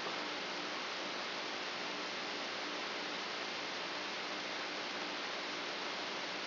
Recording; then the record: brain microelectrode recording played as sound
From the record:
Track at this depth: outside the subthalamic nucleus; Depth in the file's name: 8.628 mm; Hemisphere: left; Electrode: 2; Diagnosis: Parkinson's disease